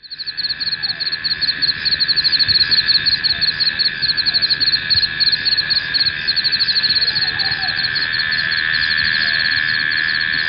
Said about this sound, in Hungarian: Ezek a rovarok az itteni vidék érdekességei, de a tücsök zene, mint a világ legtöbb részén, itt is a fő hangot vitte. Ezt a felvételt is megszólaltatom, ha már a trópusi holdfényt nem tudom ide varázsolni a magyarországi nyárba.